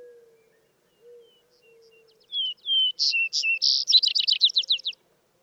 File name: Vesper Sparrow